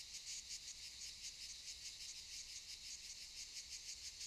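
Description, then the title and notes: High rasping cicada drone with steady rhythmic pulsing, unbroken throughout. Cicadas recorded around 18:40 in the evening on Monte de Valdelatas near Universidad Autónoma de Madrid, Spain, before Madrid reached Phase 3 of COVID de-escalation. "Sonido de cigarras y chicharras. A las 18:40 de la tarde aproximadamente, en el monte de Valdelatas próximo a la Universidad Autónoma de Madrid"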